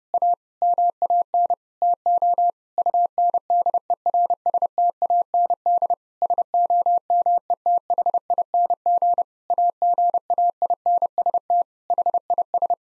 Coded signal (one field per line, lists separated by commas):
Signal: Morse code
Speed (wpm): 30 wpm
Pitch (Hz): 700 Hz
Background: none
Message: A MAN TO UNDERSTAND SOMETHING AGAINST HIS